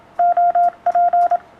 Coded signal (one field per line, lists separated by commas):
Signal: Morse code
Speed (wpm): 27 wpm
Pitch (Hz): 700 Hz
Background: none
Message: OP